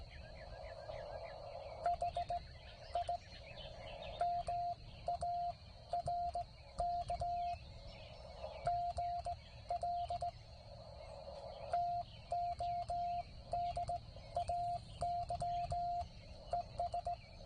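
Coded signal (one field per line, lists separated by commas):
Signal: Morse code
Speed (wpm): 17 wpm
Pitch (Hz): 700 Hz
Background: none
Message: HI MARK GL TODAY ES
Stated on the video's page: CW park activation on a Penntek TR-45L transceiver, its first outing.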